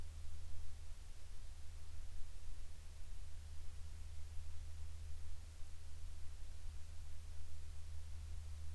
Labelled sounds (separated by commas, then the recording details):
near silence
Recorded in the Arctic National Wildlife Refuge, Alaska, on 8 July 2019 at 00:54
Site 40